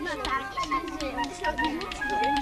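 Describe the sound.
In a house, many children in a room chatter and sing while playing spoons, a scattered run of sharp, bright clicks as the spoons are knocked together as a makeshift rhythm instrument.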